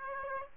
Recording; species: mosquito wingbeat signal from an infrared sensor; Aedes aegypti